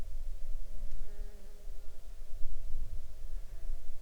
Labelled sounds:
insects
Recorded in the Arctic National Wildlife Refuge, Alaska, on 6 July 2019 at 01:10
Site 39

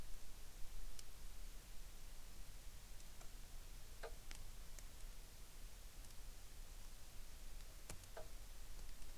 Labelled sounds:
rain
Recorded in the Arctic National Wildlife Refuge, Alaska, on 3 August 2019
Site 33

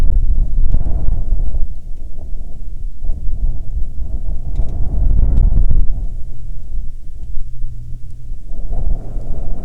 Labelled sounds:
wind
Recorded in the Prudhoe Bay oil fields, Alaska, on 27 July 2019 at 10:31
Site 13

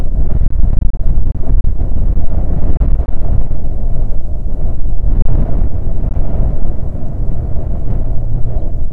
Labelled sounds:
songbird, wind
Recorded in the Prudhoe Bay oil fields, Alaska, on 5 June 2019 at 10:35
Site 16

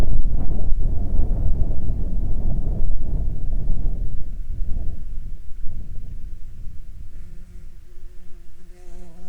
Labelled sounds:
wind, water, insects
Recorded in Ivvavik National Park, Yukon, on 7 June 2019 at 23:45
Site SINP06

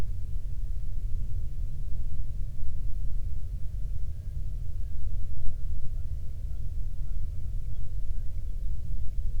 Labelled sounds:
bird, man-made sound
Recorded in the Prudhoe Bay oil fields, Alaska, on 13 June 2019 at 00:10
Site 24

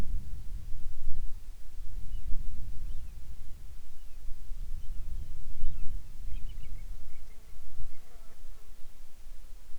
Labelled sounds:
bird, wind, insects
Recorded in the Arctic National Wildlife Refuge, Alaska, on 7 July 2019 at 18:42
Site 41

